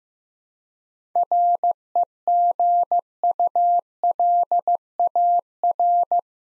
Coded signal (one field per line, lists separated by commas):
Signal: Morse code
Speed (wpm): 15 wpm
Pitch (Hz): 700 Hz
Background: none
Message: REGULAR